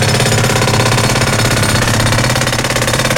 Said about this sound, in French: Et tu sais que Toff a un gros marteau piqueur? Oui. Oh là, un énorme.